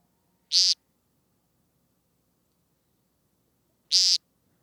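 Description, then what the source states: American woodcock giving two short, buzzy nasal peent calls about three and a half seconds apart, with silence between them. Distinctive call, unmistakably the woodcock's.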